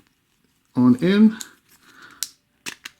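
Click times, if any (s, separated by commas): 2.2 s, 2.9 s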